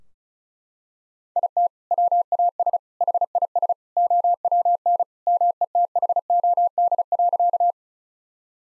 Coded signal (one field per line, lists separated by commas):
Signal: Morse code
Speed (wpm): 34 wpm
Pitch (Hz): 700 Hz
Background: none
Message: IT WAS HIS OWN METHOD.